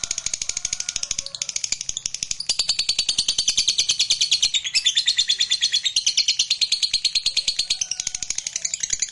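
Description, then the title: Lovebird song: a sustained, rapid buzzy chatter of repeated high notes, swelling louder midway and running on without a break. Lovebird sound meant to stimulate a lazy, reluctant lovebird into singing spontaneously and eagerly. "LOVEBIRD Malas Bunyi JADI GREGET SPONTAN Langsung NARIK"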